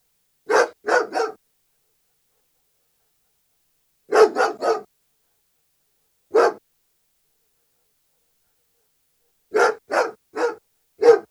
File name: Het blaffen van een Duitse herder - Sound Cloud - Beeld en Geluid